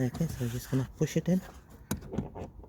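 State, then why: Seated. A door casing wiring harness plug is pushed into its plastic mating connector on a VW Golf door while someone talks. A sharp click at 1.9 s marks it seating, followed by a few faint ticks, and the connector ends up nicely clipped in.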